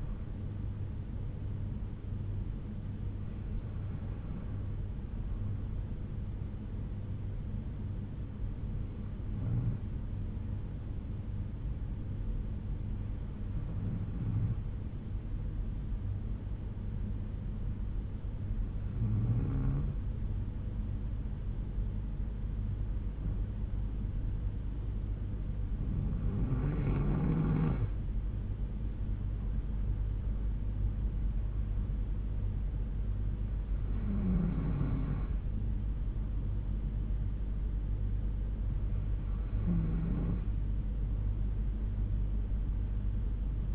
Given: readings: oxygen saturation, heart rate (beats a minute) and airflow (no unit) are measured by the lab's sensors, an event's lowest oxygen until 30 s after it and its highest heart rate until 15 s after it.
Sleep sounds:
breathing in sleep by a smartphone at the bedside; 1
6.00-26.90 s: hypopnea (N2, oxygen 94% highest, then 90% lowest, heart rate 63 at the start, 73 highest)
From the record:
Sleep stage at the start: N2 (light sleep); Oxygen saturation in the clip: 91 to 94%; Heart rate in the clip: 61 to 73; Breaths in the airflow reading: 9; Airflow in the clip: -6.0 to 5.1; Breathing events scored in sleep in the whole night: 368 in 8.0 hours asleep

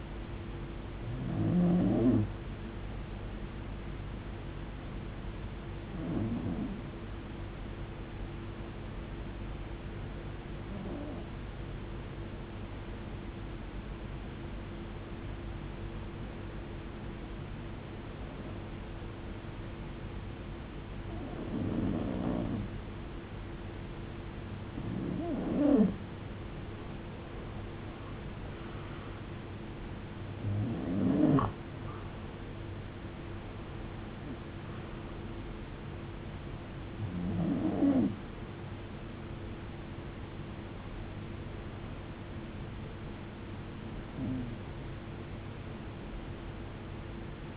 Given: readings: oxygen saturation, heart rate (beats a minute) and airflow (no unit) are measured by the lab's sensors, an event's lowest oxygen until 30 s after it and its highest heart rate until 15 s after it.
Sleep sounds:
breathing in sleep by a voice recorder at the bedside; 1
8.00-28.90 s: hypopnea (REM, oxygen 93% highest, then 85% lowest, heart rate 53 at the start, 79 highest)
From the record:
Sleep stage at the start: REM sleep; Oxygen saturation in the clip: 85 to 94%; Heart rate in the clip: 53 to 79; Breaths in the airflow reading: 13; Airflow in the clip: -16.7 to 14.4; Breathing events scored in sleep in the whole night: 389 in 6.3 hours asleep

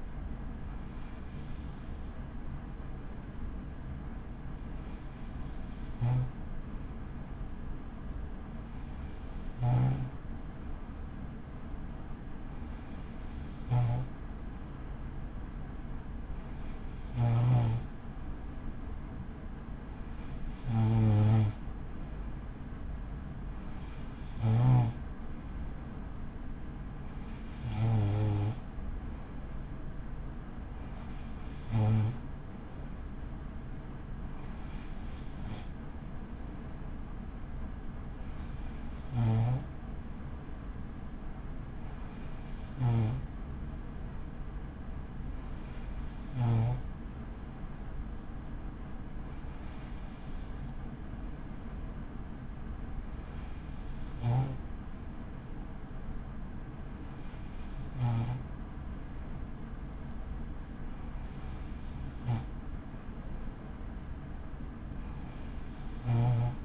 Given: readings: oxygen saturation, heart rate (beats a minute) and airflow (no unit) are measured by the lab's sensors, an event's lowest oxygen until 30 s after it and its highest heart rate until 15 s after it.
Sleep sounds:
breathing in sleep by a smartphone at the bedside; none
none scored
From the record:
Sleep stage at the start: N2 (light sleep); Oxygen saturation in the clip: 94 to 95%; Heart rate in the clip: 47 to 62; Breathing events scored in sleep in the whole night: 83 in 6.1 hours asleep

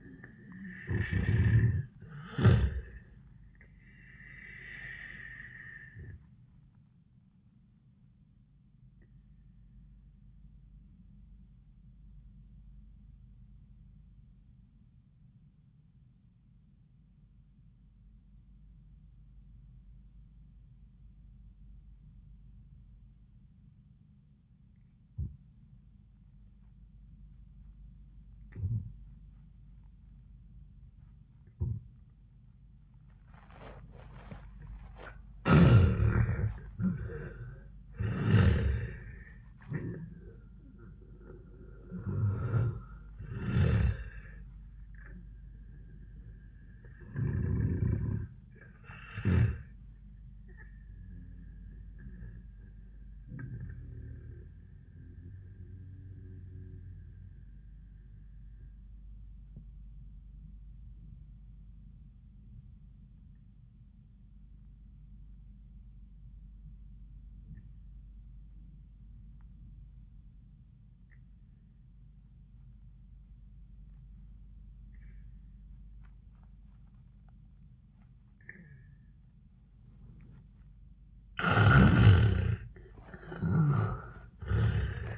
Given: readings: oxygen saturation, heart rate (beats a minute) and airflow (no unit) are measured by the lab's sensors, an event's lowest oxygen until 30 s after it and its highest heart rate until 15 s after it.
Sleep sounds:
breathing in sleep by a smartphone at the bedside; 2
10.00-35.60 s: obstructive apnea (N1, oxygen 97% highest, then 79% lowest, heart rate 89 at the start, 99 highest)
54.00-80.00 s: obstructive apnea (N1, oxygen 97% highest, then 80% lowest, heart rate 91 at the start, 98 highest)
61.00-85.18 s: new sleep stage, N2 (light sleep)
From the record:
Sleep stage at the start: N1 (lightest sleep); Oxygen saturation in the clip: 79 to 97%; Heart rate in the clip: 80 to 100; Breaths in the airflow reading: 4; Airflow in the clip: -17.5 to 11.3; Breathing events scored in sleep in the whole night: 400 in 8.7 hours asleep

